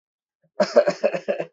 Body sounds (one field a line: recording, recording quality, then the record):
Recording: shallow voluntary cough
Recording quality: excellent, no background noise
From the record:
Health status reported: recovered from COVID-19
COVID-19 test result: negative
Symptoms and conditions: none ticked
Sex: male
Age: 28 years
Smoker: not ticked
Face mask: worn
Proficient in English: yes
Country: India